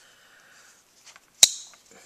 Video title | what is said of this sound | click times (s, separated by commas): Case Warranty Update | They all seem to have fairly decent pop, albeit not the strongest pop snap sound | 1.4 s